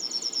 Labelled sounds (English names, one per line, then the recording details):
Yellowhammer song
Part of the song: start
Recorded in the Czech Republic on 17 June 2015
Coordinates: 50.031, 16.186
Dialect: BE
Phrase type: H4
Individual ch006